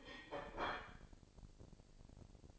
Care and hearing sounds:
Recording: daily activity, microphone in the room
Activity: place plate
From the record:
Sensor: 5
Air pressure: 1007.6 hPa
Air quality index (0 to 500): 91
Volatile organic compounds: 1 ppm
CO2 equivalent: 719 ppm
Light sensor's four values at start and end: 31/72/29/29 and 31/72/29/29

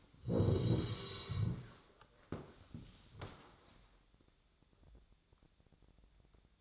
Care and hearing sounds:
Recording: daily activity, microphone in the room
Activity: sit down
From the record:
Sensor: 3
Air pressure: 1000.4 hPa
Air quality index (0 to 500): 172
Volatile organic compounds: 3 ppm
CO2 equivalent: 1502 ppm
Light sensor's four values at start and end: 13/29/12/13 and 13/29/12/13

